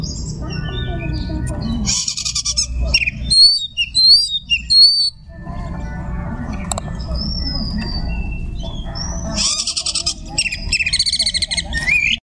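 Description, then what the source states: Magpie-robin song in bursts of harsh chatter and sweet whistled slurs, broken by stretches of steady low rumbling noise. Song in the ngekek style, with tembakan phrasing.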